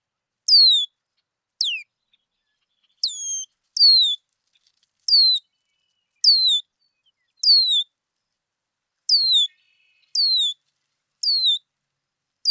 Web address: birdsongforthecurious Red-winged Blackbird